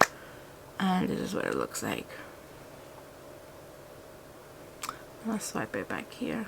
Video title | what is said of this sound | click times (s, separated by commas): New Makeup - CLÉ DE PEAU, DANESSA MYRICKS, TOM FORD, SHISEIDO, YSL | and then you open up it is not magnetic there's a click | 0.0 s